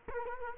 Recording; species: mosquito wingbeat signal from an infrared sensor; Culex quinquefasciatus